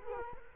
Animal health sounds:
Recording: mosquito wingbeat signal from an infrared sensor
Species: Culex quinquefasciatus

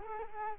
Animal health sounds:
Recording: mosquito wingbeat signal from an infrared sensor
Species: Culex quinquefasciatus

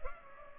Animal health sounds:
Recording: mosquito wingbeat signal from an infrared sensor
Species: Culex pipiens

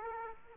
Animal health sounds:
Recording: mosquito wingbeat signal from an infrared sensor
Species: Aedes aegypti

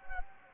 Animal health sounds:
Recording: mosquito wingbeat signal from an infrared sensor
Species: Anopheles gambiae

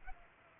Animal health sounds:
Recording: mosquito wingbeat signal from an infrared sensor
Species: Culex pipiens

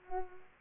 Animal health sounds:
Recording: mosquito wingbeat signal from an infrared sensor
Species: Culex pipiens

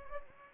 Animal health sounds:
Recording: mosquito wingbeat signal from an infrared sensor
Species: Anopheles gambiae

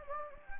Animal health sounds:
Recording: mosquito wingbeat signal from an infrared sensor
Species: Anopheles gambiae

